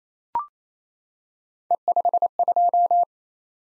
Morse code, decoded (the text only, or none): E52